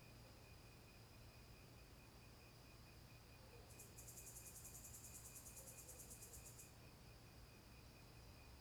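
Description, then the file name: Cricket chirping: a high, rapidly pulsed trill lasts about three seconds over a steady faint insect hum and low background rumble. Night ambience in scrubland. "Ambiencia matagal a noite com grilos, morcegos e cachorros longe"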